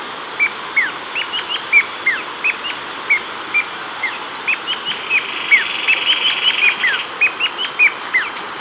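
Bird calls: short, high chirps repeated at an irregular pace, with a few faster twittering notes in the second half, over steady background hiss.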